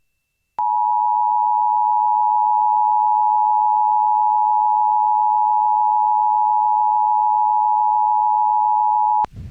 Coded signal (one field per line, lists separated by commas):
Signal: Emergency Alert System (SAME) tones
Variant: 853 and 960 Hz attention tone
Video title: EAS- A Late Night Monthly and NWR Weekies (6/26/24)